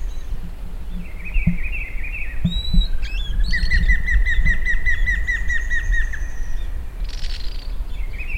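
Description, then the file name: Bird calls: a fast, even trill of repeated notes, with scattered chirps and thin high whistles above it, over a low background rumble. "SABIOD 50 bird 2015"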